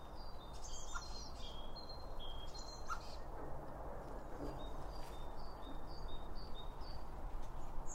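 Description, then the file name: Birds giving soft, short high chirps and whistled notes, scattered and fairly quiet against a strong low-frequency rumble. Birds around a bird feeder, recorded with two Line Audio OM 1 microphones. "Birds Around Birdfeeding With Two Om 1 From Line Audio"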